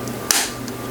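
A battery pack is rocked back into its mount on a Talkpod A36PLUS GMRS/HAM handheld radio. A sharp click at 0.3 s marks the battery seating into place, followed by a fainter tick at 0.7 s. The battery is seated.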